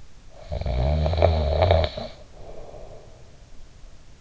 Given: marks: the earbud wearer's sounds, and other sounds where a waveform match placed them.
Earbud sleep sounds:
sounds in sleep by an in-ear microphone; snoring breath
0.25-3.42 s: snoring breath

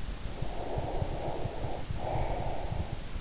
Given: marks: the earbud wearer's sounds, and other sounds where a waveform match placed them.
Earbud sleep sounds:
sounds in sleep by an in-ear microphone; breath
0.26-3.12 s: breath

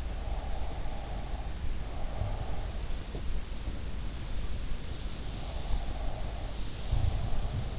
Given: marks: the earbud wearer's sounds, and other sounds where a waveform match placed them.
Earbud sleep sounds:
sounds in sleep by an in-ear microphone; breath
0.69-2.43 s: breath
5.62-7.79 s: breath

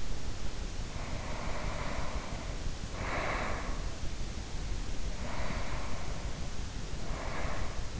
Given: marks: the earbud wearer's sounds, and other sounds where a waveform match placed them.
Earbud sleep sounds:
sounds in sleep by an in-ear microphone; breath
0.71-4.27 s: breath
5.12-8.00 s: breath

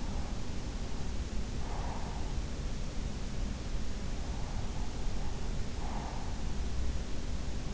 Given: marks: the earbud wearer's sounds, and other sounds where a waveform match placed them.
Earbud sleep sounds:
sounds in sleep by an in-ear microphone; breath
1.43-2.32 s: breath
5.58-6.52 s: breath

